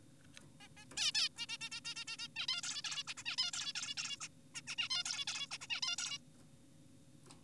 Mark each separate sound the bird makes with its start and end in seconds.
0.61-0.68, 0.77-0.85, 0.97-1.12, 1.14-1.29, 1.37-1.46, 1.49-1.57, 1.61-1.70, 1.72-1.80, 1.86-1.94, 1.96-2.04, 2.08-2.17, 2.19-2.28, 2.36-2.47, 2.48-2.62, 2.63-2.82, 2.84-3.03, 3.08-3.14, 3.18-3.24, 3.26-3.36, 3.38-3.51, 3.54-3.73, 3.76-3.95, 3.98-4.17, 4.21-4.28, 4.55-4.61, 4.68-4.76, 4.78-4.88, 4.90-5.04, 5.05-5.25, 5.28-5.47, 5.51-5.58, 5.61-5.67, 5.70-5.81, 5.83-5.96, 5.98-6.18